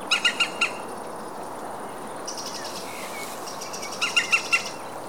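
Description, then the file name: European green woodpecker: four ringing notes, a pause with a soft whistle and buzz from other creatures, then another four-note series. "zold kullo hangja"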